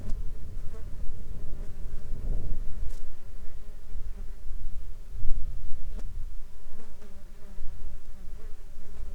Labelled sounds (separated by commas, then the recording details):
wind, insects
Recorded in the Arctic National Wildlife Refuge, Alaska, on 19 July 2021 at 12:19
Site 33